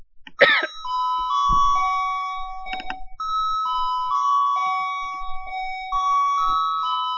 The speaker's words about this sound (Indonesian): Ini ada bel, Pak. Kepencet sama saya. Bagusnya kepencet, Pak, ya. Jadi pada bangun. Yang udah ngantuk udah langsung gini semua tuh. Kirain ada kereta lewat.